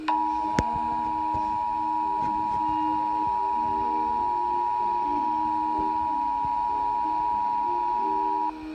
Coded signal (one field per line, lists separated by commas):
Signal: Emergency Alert System (SAME) tones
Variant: 853 and 960 Hz attention tone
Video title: EAS #253 Required Monthly Test